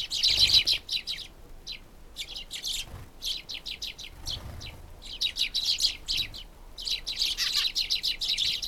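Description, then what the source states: Sparrows in a lively chorus of quick, sharp high chirps, dense bursts repeating almost continuously with brief gaps, light low background noise. Several sparrows in winter countryside.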